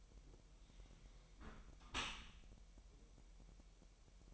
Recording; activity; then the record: daily activity, microphone in the room; close dishwasher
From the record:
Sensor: 1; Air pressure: 1000.6 hPa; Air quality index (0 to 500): 247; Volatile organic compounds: 143 ppm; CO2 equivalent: 3991 ppm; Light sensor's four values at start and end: 11/28/11/12 and 11/28/11/12